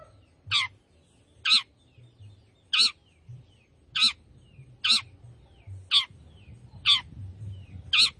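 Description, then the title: Long-tailed shrike calling with rough, scratchy notes, eight of them spaced about a second apart, with quiet chirps in the gaps and a low background hum. Singing lively, described as gacor. "Cendet Gacor"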